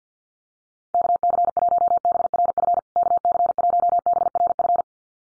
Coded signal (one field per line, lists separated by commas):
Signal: Morse code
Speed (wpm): 49 wpm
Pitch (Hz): 700 Hz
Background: none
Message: KC1BRF KC1BRF